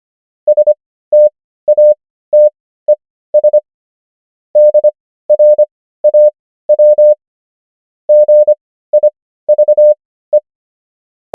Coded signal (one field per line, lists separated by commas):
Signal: Morse code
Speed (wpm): 25 wpm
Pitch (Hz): 600 Hz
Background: none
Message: STATES DRAW GIVE